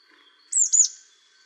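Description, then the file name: Marsh tit call: a crisp high double note, each part sweeping sharply downward, quick and emphatic over a quiet hiss. "Poecile palustris"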